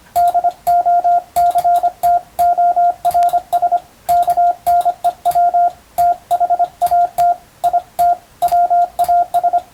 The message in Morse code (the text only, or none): DOCTORS KNEW THAT IT WAS